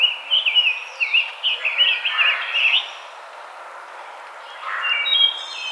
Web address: Rose-breasted Grosbeak 2007 05 05 Rose-breasted Grosbeak